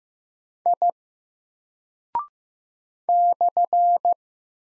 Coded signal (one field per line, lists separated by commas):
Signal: Morse code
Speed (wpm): 15 wpm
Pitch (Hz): 700 Hz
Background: none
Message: I /